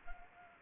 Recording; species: mosquito wingbeat signal from an infrared sensor; Anopheles arabiensis